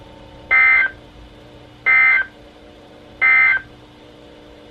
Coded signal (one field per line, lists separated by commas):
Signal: Emergency Alert System (SAME) tones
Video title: EAS #114-#119: Flash Flood Watch and Some Others | KHB36 & WNG736